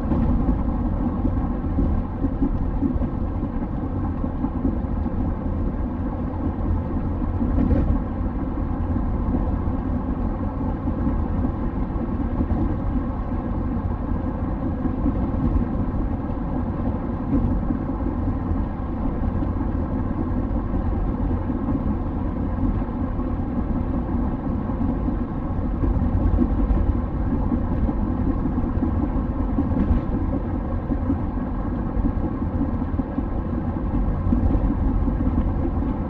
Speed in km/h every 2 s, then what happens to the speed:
87, 87, 88, 90, 92, 92, 92, 92, 92, 93, 93, 93, 93, 93, 93, 92, 92, 92.
0-36 steady at about 92.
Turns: none.